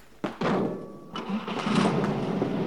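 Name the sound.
car engine starting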